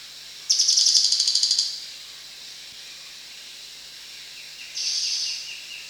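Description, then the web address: Crested jay producing one strong, pulsing mechanical rattle followed later by a softer buzzy one, against a steady background hiss. Recorded at Danum on 1 January 2008. "DANUM 20080101 crested jay"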